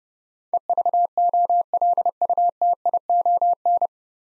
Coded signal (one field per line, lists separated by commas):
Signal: Morse code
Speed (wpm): 28 wpm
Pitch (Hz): 700 Hz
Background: none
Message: EVOLUTION